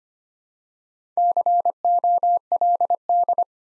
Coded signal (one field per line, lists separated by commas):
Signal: Morse code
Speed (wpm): 25 wpm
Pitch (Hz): 700 Hz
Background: none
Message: COLD